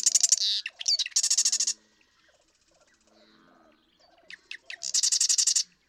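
Marsh Wren songs, two harsh rattling trills with sharp introductory notes, separated by a quiet stretch with soft lower notes.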